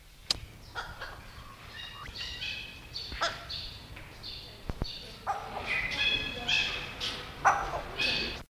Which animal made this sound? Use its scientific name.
Lamprotornis regius